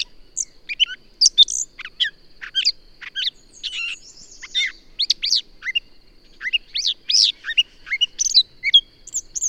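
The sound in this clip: Bird song: a lively mix of sharp chirps, buzzy notes and whistled slurs delivered in irregular bursts, with a constant faint hiss.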